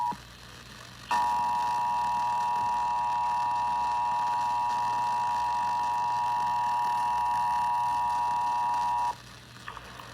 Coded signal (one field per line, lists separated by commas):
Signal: Emergency Alert System (SAME) tones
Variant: 853 and 960 Hz attention tone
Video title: Ventura County Required Monthly Test (EAS #502-504) 9/7/21